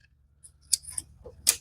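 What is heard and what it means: A wiring harness connector is pressed onto an ignition coil pack on a GM 2.4L Ecotec engine, and its lock is pushed in. A sharp click is heard at 0.7 s, followed by a second sharp click at 1.5 s as the lock engages. The connector is seated and locked.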